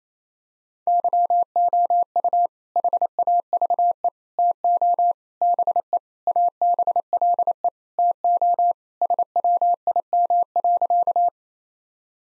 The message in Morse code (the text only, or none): YOU HAVE TO BE ABLE TO SWIM.